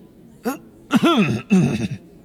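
A voice mimics Dumbledore clearing his throat: a brief opening catch, then two longer, voiced 'ahem'-like rasps with pitch that rises and falls, moderately loud, with no other sound.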